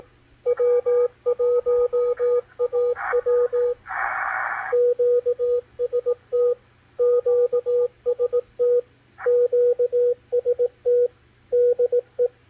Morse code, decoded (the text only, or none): W1AW QST QST QST DE